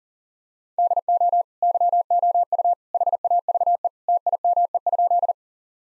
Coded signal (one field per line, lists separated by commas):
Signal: Morse code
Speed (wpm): 40 wpm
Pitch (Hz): 700 Hz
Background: none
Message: DO YOU HAVE TIME?